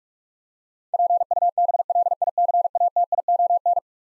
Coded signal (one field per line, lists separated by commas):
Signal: Morse code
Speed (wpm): 42 wpm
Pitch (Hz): 700 Hz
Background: none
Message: PUBLICATION